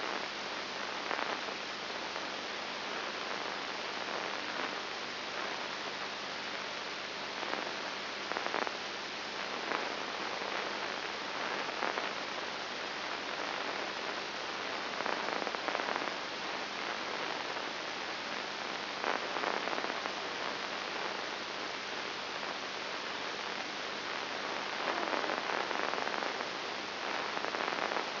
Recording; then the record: brain microelectrode recording played as sound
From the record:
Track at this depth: inside the subthalamic nucleus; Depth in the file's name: 5.301 mm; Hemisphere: left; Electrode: 3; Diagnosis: Parkinson's disease